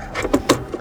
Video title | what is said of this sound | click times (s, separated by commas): Ultimate Mounting Setup for your Tesla! - DETAILED REVIEW | it's locked into place okay | 0.5 s